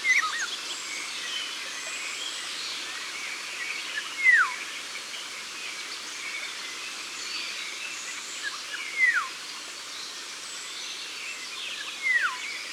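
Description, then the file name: Eurasian golden oriole whistles: three short, descending fluty notes, set against constant background hiss. Ardèche, France. "Loriot d Europe Concerts Naturels De l Ardeche"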